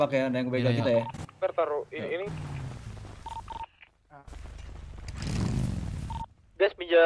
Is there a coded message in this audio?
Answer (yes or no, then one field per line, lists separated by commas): no